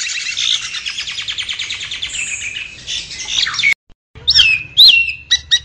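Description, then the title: Lovebird chattering calls, a rapid run of harsh chips for nearly four seconds, a brief silence, then several sharp squeaks and chirps. Lovebird calls used as a lure to trap birds. "PIKAT BURUNG LOVEBIRD"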